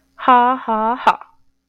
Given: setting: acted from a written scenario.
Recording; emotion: vocal sound without words; contempt